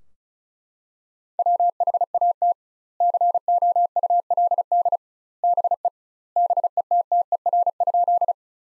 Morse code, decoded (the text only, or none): WHAT COULD BE BETTER?